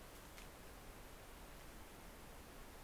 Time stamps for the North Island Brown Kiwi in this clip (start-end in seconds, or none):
none